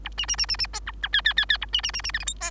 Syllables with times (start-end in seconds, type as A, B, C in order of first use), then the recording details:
0.04-0.09 A, 0.17-0.26 B, 0.28-0.36 B, 0.38-0.46 B, 0.48-0.57 B, 0.58-0.67 B, 0.73-0.80 C, 0.86-0.91 D, 1.02-1.08 D, 1.13-1.21 E, 1.25-1.33 E, 1.37-1.45 E, 1.49-1.58 E, 1.61-1.66 A, 1.73-1.81 B, 1.83-1.92 B, 1.93-2.02 B, 2.03-2.12 B, 2.13-2.19 F, 2.19-2.25 G, 2.26-2.34 H, 2.40-2.51 C. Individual Bird3